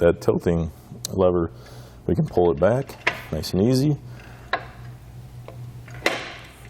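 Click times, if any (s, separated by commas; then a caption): 6.1 s. Someone talks while the tilting lever of a Kuat Sherpa 2.0 hitch bike rack for 2 bikes, mounted on a 2020 Cadillac Escalade, is pulled and the rack's metal arms are folded back. A few light knocks follow, then a sharp snap at 6.1 s as the tilt mechanism locks the rack into its most compact folded position.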